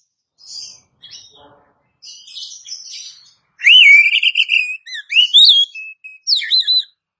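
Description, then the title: Oriental magpie-robin opens with soft scratchy twitters, then a loud whistled phrase: a long wavering note, a rising slur and sharp upward sweeps. "Kacer"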